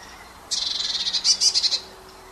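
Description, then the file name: Eurasian blue tit giving a scolding churr, a dry buzzy series of rapid notes lasting just over a second, louder and more rattling toward the end. "Cyanistes caeruleus"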